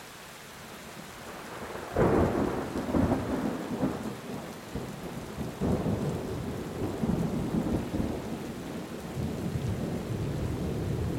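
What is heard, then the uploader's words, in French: A thunderstorm with a loud roll of thunder breaking in around two seconds, low and heavy, rumbling on with further swells near six and eight seconds. Steady rain hisses underneath throughout, and the rumble never fully settles before the end. L'intensité d'un orage qui se prépare, où chaque éclair annonce le tonnerre retentissant. Les sons puissants de l'orage.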